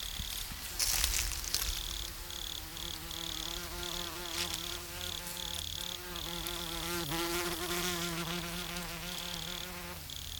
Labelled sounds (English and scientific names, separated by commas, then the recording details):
Wood Cricket (Nemobius sylvestris) stridulation
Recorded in the wild
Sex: male
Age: imago
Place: Treuchtlingen, Naturpark Altmühltal, Bayern, DE
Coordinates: 48.96, 10.91
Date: 1993-09-19 10:44
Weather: 13,5°C, Sonnig
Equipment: Marantz CP 430, Sennheiser MKH 416 T, Kopie Uher Variocord 263
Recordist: Tembrock, Günter